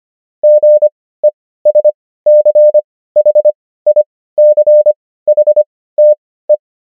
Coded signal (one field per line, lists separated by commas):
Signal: Morse code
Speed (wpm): 25 wpm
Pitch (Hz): 600 Hz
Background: none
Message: GESCHICHTE